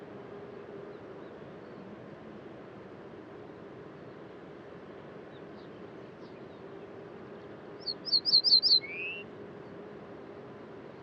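Birds at daybreak high in a mountain pass. For most of the clip only a steady low hiss of wind or air fills the space, then around the eighth second a bird gives a quick run of bright, repeated chirps, followed by one short rising note.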